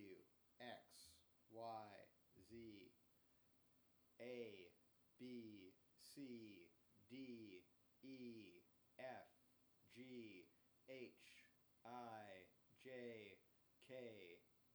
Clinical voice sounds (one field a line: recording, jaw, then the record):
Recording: letters of the alphabet, spoken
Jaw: free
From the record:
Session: first day, before the bite bar